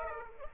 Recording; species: mosquito wingbeat signal from an infrared sensor; Aedes aegypti